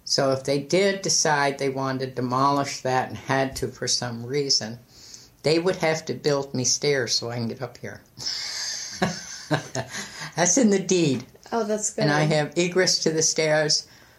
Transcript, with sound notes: So, if they did decide they wanted to demolish and had to for some reason, they would have to build me stairs so I can get up here. [laughs] That is in the deed, and I have egress to the stairs.